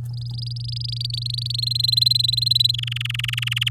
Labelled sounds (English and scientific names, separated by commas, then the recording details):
Domestic Canary (Serinus canaria) song
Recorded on 9 May 2018 at 11:50
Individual llb16